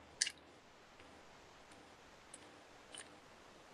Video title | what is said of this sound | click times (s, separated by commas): Fountain Pen Haul (Writerly Whispers No. 3) | I'm not hearing a click. | none